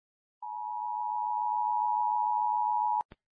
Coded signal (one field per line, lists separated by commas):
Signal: Emergency Alert System (SAME) tones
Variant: 853 and 960 Hz attention tone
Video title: EAS Alarms from some countries